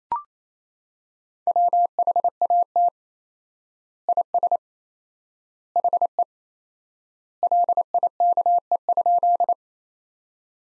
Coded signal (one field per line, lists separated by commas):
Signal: Morse code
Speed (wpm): 28 wpm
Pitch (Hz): 700 Hz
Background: none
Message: WHAT IS HE LIKE?